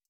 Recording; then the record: hydrophone in a shrimp aquaculture tank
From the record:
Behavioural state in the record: stressed